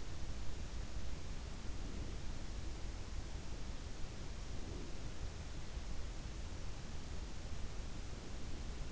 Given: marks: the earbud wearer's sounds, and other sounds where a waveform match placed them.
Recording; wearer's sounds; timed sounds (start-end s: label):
sounds in sleep by an in-ear microphone; breath
1.48-2.69 s: breath
4.20-5.29 s: breath
7.75-8.92 s: breath